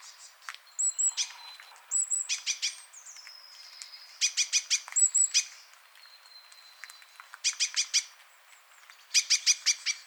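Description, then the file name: Great tit calls, buzzy chattering bursts of four or five harsh notes every second or two, mixed with thin high whistles. "Parus major"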